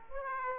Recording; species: mosquito wingbeat signal from an infrared sensor; Aedes aegypti